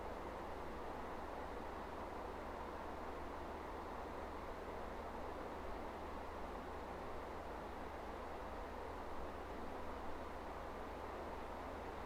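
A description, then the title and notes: At Kirkstall Abbey, a steady, dense rumble like traffic or a passing train fills all twelve seconds without rising or fading. A low, constant hum runs underneath, and no separate events stand out from the wash of noise. Kirkstall Abbey.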